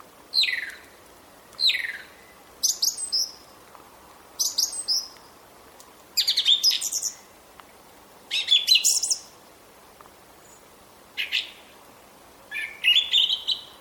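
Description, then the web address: Song thrush singing a sequence of distinct loud phrases, some sharp and chattering, others whistled, with brief pauses between each phrase. "vogelstimmen singdrossel gesang nabu lars lachmann"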